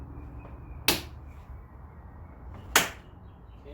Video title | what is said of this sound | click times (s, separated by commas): FJ Cruiser Headlight Restoration | side and i'm just going to line them up kind of snaps | 0.9 s, 2.8 s